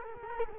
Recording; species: mosquito wingbeat signal from an infrared sensor; Culex quinquefasciatus